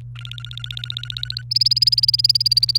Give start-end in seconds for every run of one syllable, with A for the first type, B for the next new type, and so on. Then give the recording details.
0.16-1.42 A, 1.51-2.77 B. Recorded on 29 April 2018 at 14:39. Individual llb3